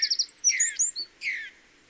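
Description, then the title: Song thrush giving brief bright phrases: a quick stuttered note group, a few high whistled notes, then a short rich burst before falling quiet. Song thrush singing, Peak District, during lockdown; described as the longest unbroken song ever heard from a thrush. "Thrush and wren, Peak District"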